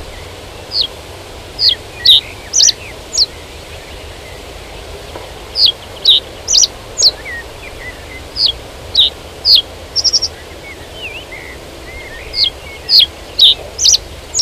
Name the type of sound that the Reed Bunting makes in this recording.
song